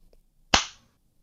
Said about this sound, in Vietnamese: Ông Thông Ngôn còn chưa kịp nói hết câu thì đã bị một cái tát tai nảy lửa giáng vào mặt, tới mức ông ngã quỵ.